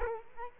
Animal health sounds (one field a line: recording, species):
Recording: mosquito wingbeat signal from an infrared sensor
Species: Culex quinquefasciatus